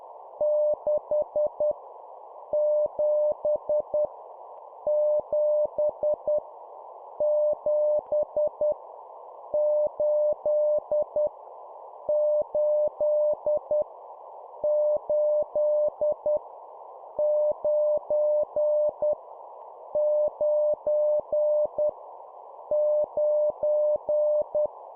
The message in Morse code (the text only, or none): 6 7 7 7 8 8 8 9 9 9